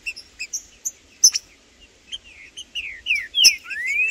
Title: Trinca Ferro no MATO Cantando e Macheando muito com Solto! Blindado e Tufão no mato